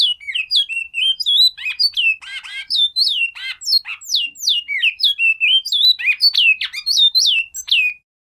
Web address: bicudario cantos bento